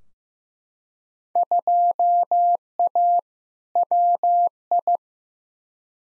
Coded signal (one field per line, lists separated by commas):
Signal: Morse code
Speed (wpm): 15 wpm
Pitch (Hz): 700 Hz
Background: none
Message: 2A WI